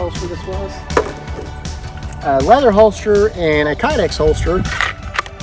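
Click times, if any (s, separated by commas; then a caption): 5.2 s. A handgun is pushed into a rigid kydex holster and seats with a sharp click at 5.2 s, done as a comparison with a leather holster. Someone talks throughout, with a few knocks and handling sounds before the click.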